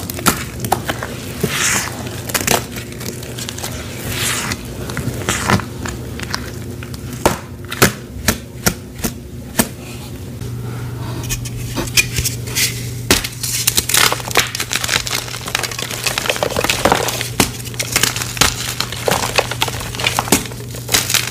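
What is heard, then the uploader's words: Dyed gym chalk is crushed with crisp, crinkly crunches and sharp cracks repeating irregularly throughout, over a steady low hum that thickens midway. Pink Pinesol Crush + Reforms Result! Crushing dyed gym chalk with Pinesol, Fabuloso, cleaning foam spray, baby powder, cornstarch, dish soap, and more!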